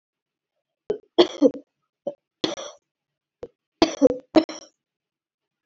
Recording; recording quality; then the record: heavy voluntary cough; excellent, no background noise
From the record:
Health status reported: healthy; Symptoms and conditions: asthma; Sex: female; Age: 21 years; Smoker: not ticked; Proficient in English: yes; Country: India